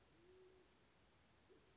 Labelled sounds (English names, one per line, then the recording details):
Band-tailed Pigeon
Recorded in Sonoma County, California